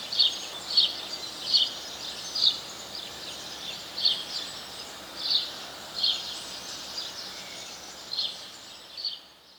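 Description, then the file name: House sparrow calling with sharp, clipped chirps repeated at intervals, fading toward the end over soft background noise. "Passer domesticus"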